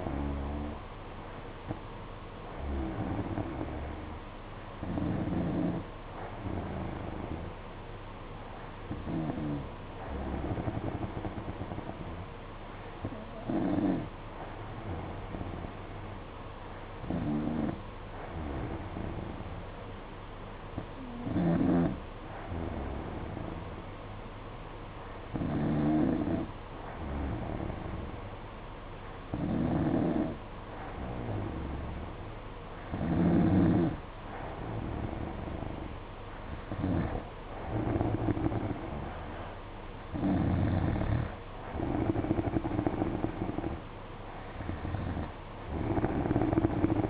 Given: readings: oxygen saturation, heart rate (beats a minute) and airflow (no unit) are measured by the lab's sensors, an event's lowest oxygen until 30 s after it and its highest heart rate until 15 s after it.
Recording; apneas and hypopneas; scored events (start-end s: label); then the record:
breathing in sleep by a voice recorder at the bedside; none
none scored
From the record:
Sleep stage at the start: N2 (light sleep); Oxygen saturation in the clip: 93 to 94%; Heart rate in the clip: 54 to 59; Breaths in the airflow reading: 12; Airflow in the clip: -4.9 to 4.4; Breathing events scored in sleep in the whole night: 476 in 9.7 hours asleep